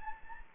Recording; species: mosquito wingbeat signal from an infrared sensor; Anopheles gambiae